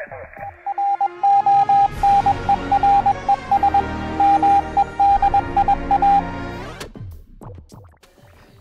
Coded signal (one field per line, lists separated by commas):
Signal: Morse code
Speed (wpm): 21 wpm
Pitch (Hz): 800 Hz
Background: music, radio noise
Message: RONERES MEDIA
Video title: VHF CONTEST COMARQUES CAT IV